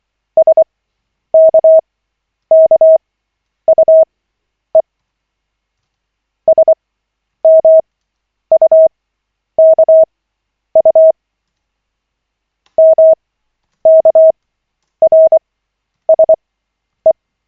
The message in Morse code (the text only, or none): SKKUE SMUKU MKRSE